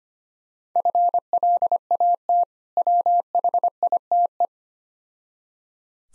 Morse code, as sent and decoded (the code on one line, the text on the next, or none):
..-. .-.. .- - / .-- .... .. - .
FLAT WHITE